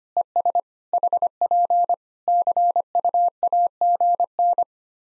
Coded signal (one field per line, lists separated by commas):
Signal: Morse code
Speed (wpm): 25 wpm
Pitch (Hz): 700 Hz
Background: none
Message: ES HP CUAGN